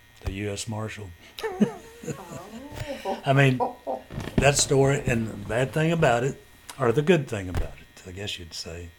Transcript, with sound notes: The US Marshal. (Chuckling)
Oh. (Chuckling)
I mean, that story-- and the bad thing about it, or the good thing about I guess you'd say.